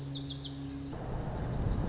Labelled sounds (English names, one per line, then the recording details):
Lazuli Bunting
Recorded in Sonoma County, California